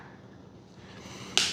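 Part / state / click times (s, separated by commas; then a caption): landing gear strut into RC airplane fuselage mount / seated / 1.4 s. The landing gear strut of an Eachine P40 400mm RTF small foam RC plane is pushed back into its fuselage mount. Low, quiet handling noise builds until a single sharp click at 1.4 s. The gear clips in and is seated.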